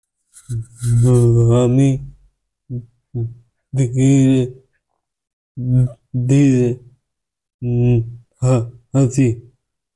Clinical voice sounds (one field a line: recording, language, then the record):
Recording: elicited speech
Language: Bengali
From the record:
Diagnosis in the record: Broca's or global aphasia after a stroke